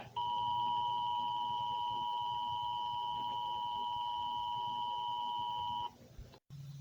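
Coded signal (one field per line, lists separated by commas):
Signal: Emergency Alert System (SAME) tones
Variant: 853 and 960 Hz attention tone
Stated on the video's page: Fictional EAS scenario, not a real alert.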